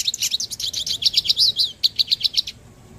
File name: hooded siskin